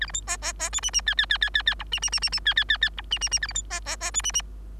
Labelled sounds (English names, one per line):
Bengalese Finch song